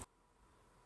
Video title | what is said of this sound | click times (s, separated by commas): Easy DIY Hyundai or Kia 1.6 1.8 2.0 2.4 Spark Plug Replacement in Under 3 Minutes! | here zoomed in you'll hear a click you a click and then you'll put the little plastic tab down | 0.0 s